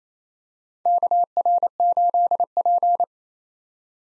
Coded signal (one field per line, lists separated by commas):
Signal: Morse code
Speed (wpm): 28 wpm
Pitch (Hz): 700 Hz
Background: none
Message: KR8P